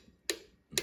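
A click-type torque wrench set to 22 ft-lb tightens a rocker box bolt on a Harley motorcycle engine during a top-end rebuild. A sharp tick sounds at about 0.3 s, then the wrench gives its distinct click at 0.8 s, confirming the bolt has reached the 22 ft-lb setting.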